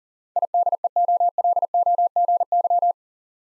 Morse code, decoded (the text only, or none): IDEOLOGY